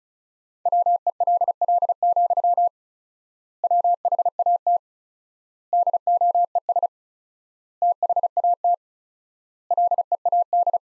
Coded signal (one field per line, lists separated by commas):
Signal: Morse code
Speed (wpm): 36 wpm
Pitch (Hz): 700 Hz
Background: none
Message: WELL, WHAT DOES THAT LEAD